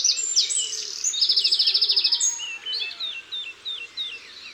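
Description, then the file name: Eurasian wren singing a quick high jumble that runs into a fast, ringing trill, followed by softer scattered whistled notes. Isère. "Troglodyte-mignon-Concerts-naturels-de-l Isere-Studio-Les-Trois-Becs"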